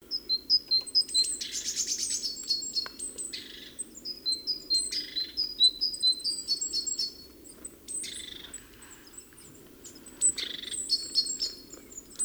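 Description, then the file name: Great tit calls: a run of quick high two-note chips, then scattered buzzy rattles and thin whistles over a steady low drone. "Parus major"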